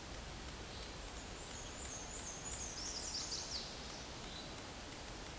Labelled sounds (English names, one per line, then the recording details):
Black-and-white Warbler song
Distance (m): 25 m
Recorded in a Pennsylvania forest on 18 May 2023 at 13:55
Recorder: AudioMoth, point grid1_32_low
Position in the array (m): 75 m, 105 m